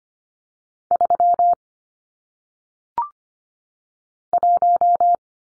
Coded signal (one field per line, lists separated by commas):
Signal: Morse code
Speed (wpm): 25 wpm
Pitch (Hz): 700 Hz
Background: none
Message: 3 1